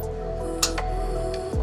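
A driver closes the top of a steel pintle hook on a trailer over a converter dolly's drawbar eye and lowers the dolly slightly, and the latch clicks down at 0.6 s and 0.8 s over steady background music. The pintle hook is latched shut.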